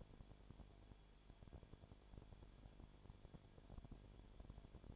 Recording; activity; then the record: daily activity, microphone in the room; no activity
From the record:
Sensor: 5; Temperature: 20.0 degrees Celsius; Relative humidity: 37.1%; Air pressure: 1007.4 hPa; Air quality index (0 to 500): 83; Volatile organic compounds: 1 ppm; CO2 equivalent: 951 ppm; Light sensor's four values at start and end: 2/3/1/1 and 2/3/1/1